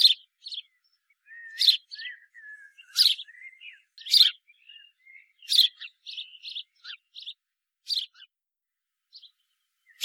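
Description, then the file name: House sparrow chirping in quick irregular bursts, several sharp notes per few seconds, mixed with softer twittering fragments. "Passer domesticus"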